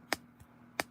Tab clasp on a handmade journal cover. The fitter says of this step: oh see there's the click let's listen